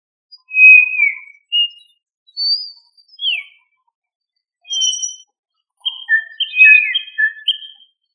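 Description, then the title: Quail whistled calls: short clear notes, some sliding downward, given in bursts with brief pauses, then a denser cluster of overlapping whistles near the end. "Familia Tinamidae - Quail - Puyuh"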